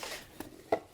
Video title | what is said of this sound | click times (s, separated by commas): How to fold our Single Shipping Box (Econo) | Go ahead and do the same thing on the other side. We'll fold in, and then you can hear that lock. | 0.7 s